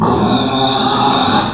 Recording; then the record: squeal of a Yucatan mini pig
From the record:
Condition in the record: after surgery on the right vocal fold (resection and tissue-engineered implant); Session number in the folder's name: 13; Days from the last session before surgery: 113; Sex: female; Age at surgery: 19 weeks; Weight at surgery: 25 kg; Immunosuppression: prednisolone